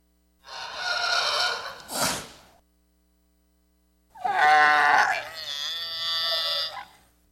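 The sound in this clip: Camel making a hoarse, gurgling moan, a brief pause, then a longer, louder bellow that wavers in pitch.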